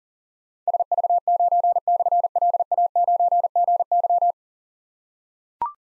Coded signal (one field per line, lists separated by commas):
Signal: Morse code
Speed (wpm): 38 wpm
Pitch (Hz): 700 Hz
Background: none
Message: SV9/LA9GY